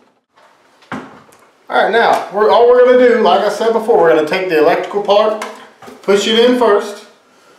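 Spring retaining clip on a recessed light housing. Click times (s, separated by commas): 0.9 s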